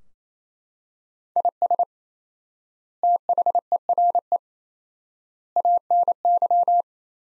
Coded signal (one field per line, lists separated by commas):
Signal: Morse code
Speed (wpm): 28 wpm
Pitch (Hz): 700 Hz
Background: none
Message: IS THERE ANY